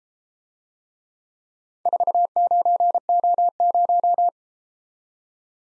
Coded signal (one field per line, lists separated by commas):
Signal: Morse code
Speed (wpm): 33 wpm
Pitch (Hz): 700 Hz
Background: none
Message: 49O0